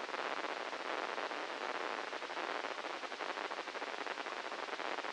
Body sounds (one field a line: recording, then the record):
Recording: brain microelectrode recording played as sound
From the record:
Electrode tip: inside the subthalamic nucleus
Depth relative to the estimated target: -5 mm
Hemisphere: left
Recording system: NeuroSet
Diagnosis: Parkinson's disease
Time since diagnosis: 10 years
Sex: male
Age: 56 years